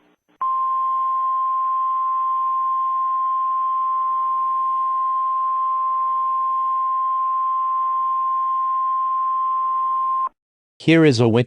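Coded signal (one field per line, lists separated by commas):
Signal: Emergency Alert System (SAME) tones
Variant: 1050 Hz attention tone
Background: speech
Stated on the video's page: NOAA Weather Radio blizzard warning from the Green Bay transmitter.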